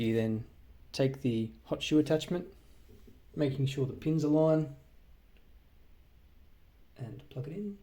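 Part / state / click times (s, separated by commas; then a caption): hot shoe attachment into the camera housing's hot shoe connector / not seated / none. Someone talks while lining up the pins of a hot shoe attachment with the hot shoe connector on a camera housing before plugging it in, with only a faint brief tick near 5.4 s in a pause between phrases. The part is handled and aligned, and nothing has seated or clicked yet.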